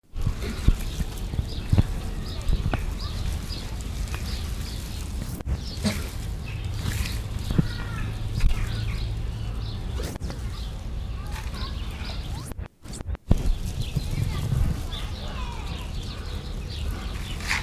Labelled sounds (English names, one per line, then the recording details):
Indian Crested Porcupine defence call
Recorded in captivity
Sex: pair
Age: adult
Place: Tierpark Berlin, Berlin, DE
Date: 1974-01-26 12:00
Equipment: Uher 4200 Report Monitor, Verst., Sennheiser MD 421
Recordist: Tembrock, Günter